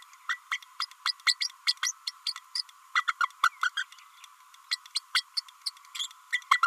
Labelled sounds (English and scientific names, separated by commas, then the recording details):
Green-rumped Parrotlet (Forpus passerinus) babbling
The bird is a female
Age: 30 days
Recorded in a nest box in Venezuela
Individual 17B32A5